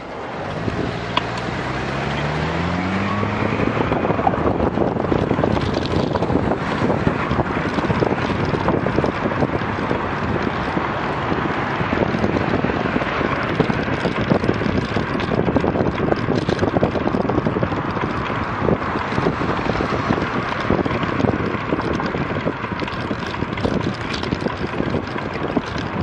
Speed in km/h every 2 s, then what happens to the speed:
12, 16, 19, 23, 25, 27, 29, 30, 31, 32, 33, 33, 34.
0-12 speeds up to 29. 12-26 steady at about 32.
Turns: none.